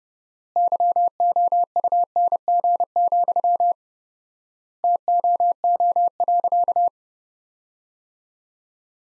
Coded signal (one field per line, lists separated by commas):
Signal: Morse code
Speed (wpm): 30 wpm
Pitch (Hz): 700 Hz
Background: none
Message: YOUNG, TOO.